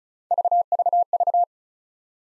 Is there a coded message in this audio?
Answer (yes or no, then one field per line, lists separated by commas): no